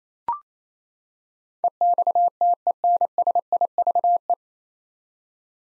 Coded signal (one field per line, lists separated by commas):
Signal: Morse code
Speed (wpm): 28 wpm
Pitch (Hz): 700 Hz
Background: none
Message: EXTENSIVE